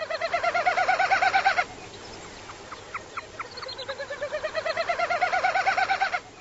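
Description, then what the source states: Common snipe display: a rapid pulsing, hollow tone that wavers in quick beats, breaks for a moment with scattered clicks, then resumes. Spring aerial display.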